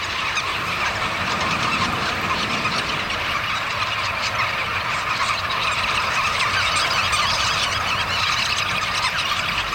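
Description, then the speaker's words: Black-tailed Godwit flock calls, a dense unbroken din of countless overlapping squeaky and chattering notes, like a noisy gull colony, steady throughout. About 40,000 godwits gathered at a staging area to fatten up; in such numbers they make an enormous din, sounding like a gull colony. "Dit zijn allemaal grutto's. Het lijkt wel een meeuwenkolonie, maar het zijn grutto's."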